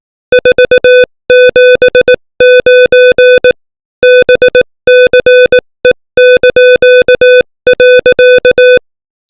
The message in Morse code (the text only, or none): 479 BCE).